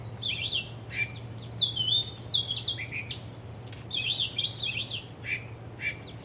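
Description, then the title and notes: Bird song: bright whistled phrases of slurred, falling notes mixed with quick chirps, coming in bursts throughout over a steady low hum. Birds singing vigorously at Wu Kai Sha, Hong Kong, on 15 December 2006; recorded with AKG condenser microphones in XY stereo. "香港 烏溪沙 雀鳥勁唱歌 Date: 15 December 2006"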